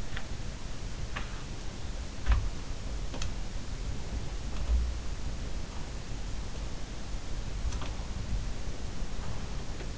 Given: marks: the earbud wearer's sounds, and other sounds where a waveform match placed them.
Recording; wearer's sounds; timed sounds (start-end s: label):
sounds in sleep by an in-ear microphone; teeth grinding
0.00-2.68 s: teeth grinding